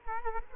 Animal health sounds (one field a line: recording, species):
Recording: mosquito wingbeat signal from an infrared sensor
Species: Culex quinquefasciatus